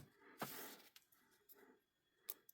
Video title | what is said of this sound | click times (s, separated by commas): Let's scale things up a bit! @rippsgaragetech9025 @dlttrading | that went together way easier and I will just rotate this until it clicks in all right so now that's clicked in there | 2.3 s